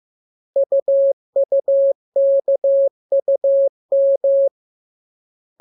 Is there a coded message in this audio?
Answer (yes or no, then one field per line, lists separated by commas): yes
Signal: Morse code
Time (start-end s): 0.6-4.5 s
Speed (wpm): 15 wpm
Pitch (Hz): 550 Hz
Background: none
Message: UUKUM